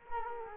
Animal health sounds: mosquito wingbeat signal from an infrared sensor; Culex quinquefasciatus

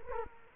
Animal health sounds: mosquito wingbeat signal from an infrared sensor; Culex quinquefasciatus

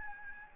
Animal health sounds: mosquito wingbeat signal from an infrared sensor; Aedes albopictus

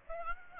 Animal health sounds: mosquito wingbeat signal from an infrared sensor; Aedes aegypti

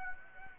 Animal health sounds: mosquito wingbeat signal from an infrared sensor; Aedes aegypti

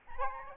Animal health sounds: mosquito wingbeat signal from an infrared sensor; Aedes albopictus

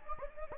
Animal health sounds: mosquito wingbeat signal from an infrared sensor; Anopheles gambiae

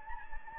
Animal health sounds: mosquito wingbeat signal from an infrared sensor; Anopheles gambiae

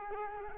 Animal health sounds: mosquito wingbeat signal from an infrared sensor; Culex quinquefasciatus

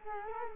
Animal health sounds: mosquito wingbeat signal from an infrared sensor; Culex quinquefasciatus

